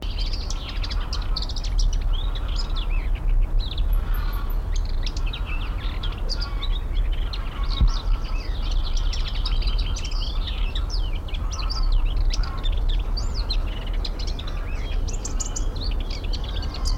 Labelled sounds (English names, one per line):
Lesser Whitethroat